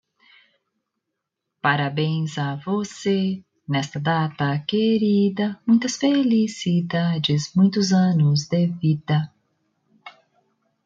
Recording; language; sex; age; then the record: short text; Brazilian Portuguese; female; 40 to 49 years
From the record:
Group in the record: control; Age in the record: 45 years